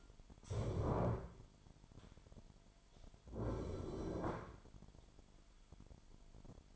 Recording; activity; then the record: daily activity, microphone in the room; stand up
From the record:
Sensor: 5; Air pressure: 998.6 hPa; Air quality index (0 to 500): 87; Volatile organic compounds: 2 ppm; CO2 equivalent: 997 ppm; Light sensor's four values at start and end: 34/82/34/38 and 34/83/34/38